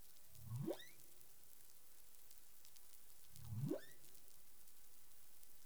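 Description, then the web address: Humpback whale calls underwater: two low, rising swept notes about three seconds apart, each climbing from a deep grunt, with a faint thin tone between them amid steady hiss. Recorded 20 April 2021 at 03:56 UTC. "humpback whale 20210420 035642 UTC"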